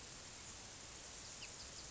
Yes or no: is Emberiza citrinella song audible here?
no